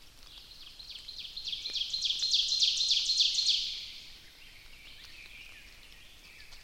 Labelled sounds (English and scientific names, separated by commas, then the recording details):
Ovenbird (Seiurus aurocapilla) song
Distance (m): 50 m
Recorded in boreal forest in Alberta, Canada, on 29 May 2016 at 08:23
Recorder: SongMeter 3, array SBT-3-49
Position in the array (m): 113 m, 253 m
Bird 14